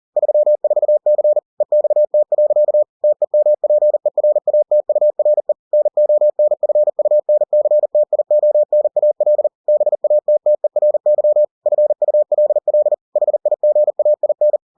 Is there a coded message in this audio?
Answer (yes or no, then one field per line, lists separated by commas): yes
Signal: Morse code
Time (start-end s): 0.2-14.6 s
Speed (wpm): 40 wpm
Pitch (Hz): 600 Hz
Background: none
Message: 34C EXT. TEMPERATURE NONFUNCTIONAL BATTERY FULL HIGAIN